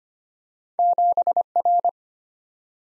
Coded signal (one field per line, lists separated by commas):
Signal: Morse code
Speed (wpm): 25 wpm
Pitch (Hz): 700 Hz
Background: none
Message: 7R